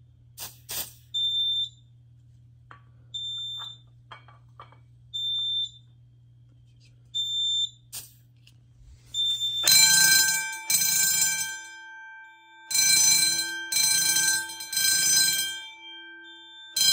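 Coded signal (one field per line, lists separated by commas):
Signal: alarm pattern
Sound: brief high chirps, then loud buzzing fire horn sounding in repeated bursts with pauses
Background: room echo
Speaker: this will go straight into into temporal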